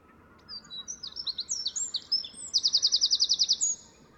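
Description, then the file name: Eurasian wren song: a loud, high, rapid tumble of bright notes that breaks into a fast, even rattling trill, then ends with a short phrase. "Troglodytes troglodytes"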